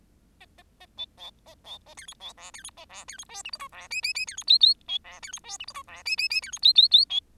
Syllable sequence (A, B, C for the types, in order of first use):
A A A B C A C A D E C F D E A F D E G H I J F K K K D E L L B F D E G H I J F K K K D E L L L B